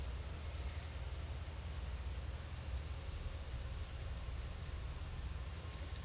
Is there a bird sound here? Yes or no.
no